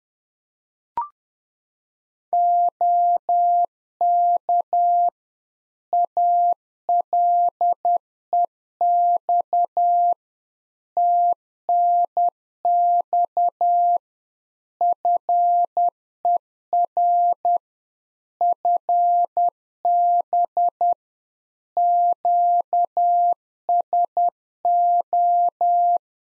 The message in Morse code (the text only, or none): OK ALEX TNX FER FB QSO